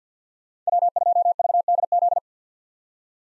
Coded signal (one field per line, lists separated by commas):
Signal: Morse code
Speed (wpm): 50 wpm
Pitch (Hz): 700 Hz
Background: none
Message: W2VDZ